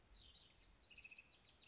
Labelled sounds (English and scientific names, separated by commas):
House Wren (Troglodytes aedon)